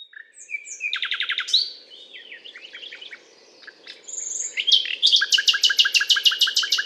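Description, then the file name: Common nightingale song: a rapid repeated chattering phrase, then slurred whistles, a pure sustained whistle and a loud fast run of sharp repeated notes to finish. Recorded on a limestone hillock in France, on 19 May 2012. "120519-02-rossignol-philomele-Butte-calcaire-de-Gratacap-F"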